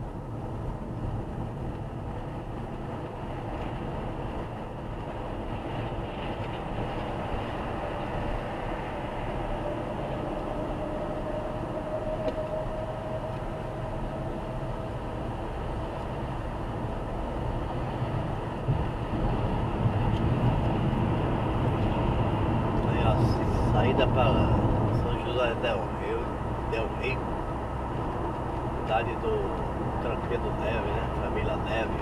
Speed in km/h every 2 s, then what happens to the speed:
70, 74, 75, 78, 80, 79, 81, 86, 90, 92, 93, 94, 96, 98, 99, 100.
0-7 speeds up to 80. 11-20 speeds up to 93. 20-32 steady at about 96.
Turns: none.